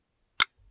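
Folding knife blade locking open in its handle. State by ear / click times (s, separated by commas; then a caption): seated / 0.4 s. The blade of a steel Brazen drop-point folding knife is flicked open and its lock snaps in with a single sharp, bright click at 0.4 s. A faint low rumble follows. The blade locks up fully in its handle.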